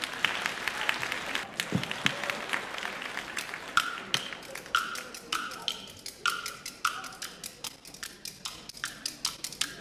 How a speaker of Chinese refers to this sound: 为您带来传统节目花唱绕口令，咱们掌声有请。